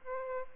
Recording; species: mosquito wingbeat signal from an infrared sensor; Aedes albopictus